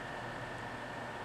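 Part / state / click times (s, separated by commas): trigger spring into pistol frame slot / not seated / none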